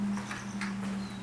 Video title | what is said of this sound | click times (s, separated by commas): Garage Door Quick Release Lock installation | And now it's latched. | 0.6 s